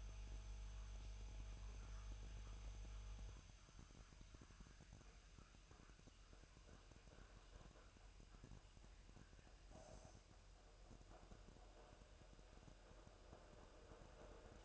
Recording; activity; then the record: daily activity, microphone in the room; make coffee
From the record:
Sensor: 2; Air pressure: 1001.9 hPa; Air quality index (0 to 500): 248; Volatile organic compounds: 39 ppm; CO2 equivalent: 3137 ppm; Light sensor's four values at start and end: 8/28/10/10 and 8/27/10/10